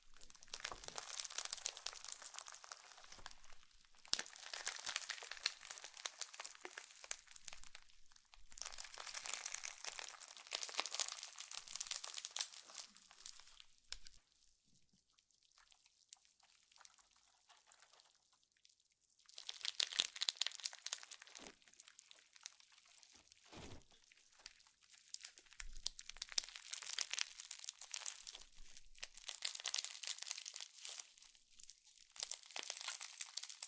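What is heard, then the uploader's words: Slime being squished and stretched gives bursts of bright crinkly, crackling sounds in uneven waves, with a quieter lull around fifteen to nineteen seconds. ASMR SLIME SATISFYING - NO TALKING.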